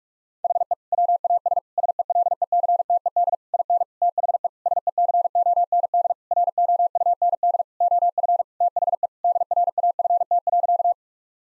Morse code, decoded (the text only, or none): HE WAS SELECTED IN THE SECOND ROUND OF THE DRAFT.